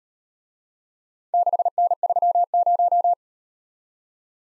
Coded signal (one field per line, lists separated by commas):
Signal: Morse code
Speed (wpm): 36 wpm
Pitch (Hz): 700 Hz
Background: none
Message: 6N30